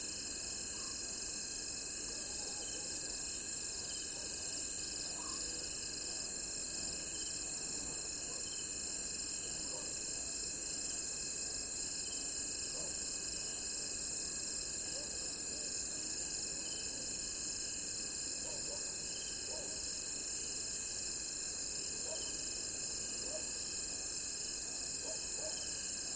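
Dusk ambience by a dry stretch of the Limpopo River early in the rainy season, filled with a dense, unbroken insect drone. The high shrill chorus holds steady for the whole time, with faint scattered calls and murmurs rising briefly underneath.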